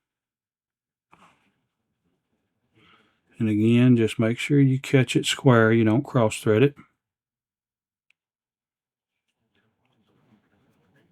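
A handle nut is threaded onto the reel handle shaft of a Quantum Iron IR3 reel, but it starts crooked instead of catching square and goes on cross-threaded, sitting cocked. Someone talks from about 3.4 to 6.8 seconds, with only faint small ticks around 1.1 and 8.1 seconds in otherwise near silence. Nothing has seated or clicked yet.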